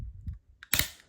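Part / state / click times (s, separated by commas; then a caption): filter cover onto vacuum filter housing / seated / 0.7 s. A plastic threaded filter cover is screwed onto the filter housing of a Dyson Ball Animal vacuum over several turns. Low rubbing and handling sounds are followed by a sharp, bright click at 0.7 s, showing the cap is fully tightened and seated.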